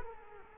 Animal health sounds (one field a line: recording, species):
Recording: mosquito wingbeat signal from an infrared sensor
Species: Culex quinquefasciatus